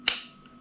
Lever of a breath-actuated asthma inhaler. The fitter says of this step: вона клацнуло і все можете вдихати